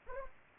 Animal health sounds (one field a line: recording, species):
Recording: mosquito wingbeat signal from an infrared sensor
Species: Anopheles arabiensis